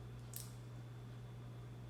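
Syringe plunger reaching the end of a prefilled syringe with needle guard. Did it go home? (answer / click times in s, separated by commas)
yes / 0.4 s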